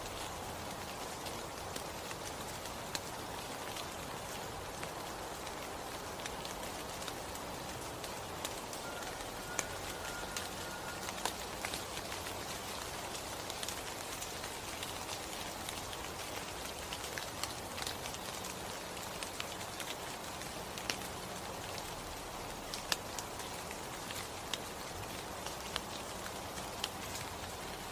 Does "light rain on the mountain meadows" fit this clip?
yes